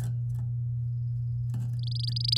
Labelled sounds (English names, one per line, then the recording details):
Domestic Canary song
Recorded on 7 May 2018 at 09:31
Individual llb16